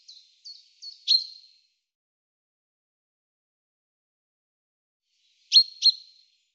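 Common chaffinch calls, short high chirps repeated in a quick group of four, a pause of several seconds, then two more sharp chirps.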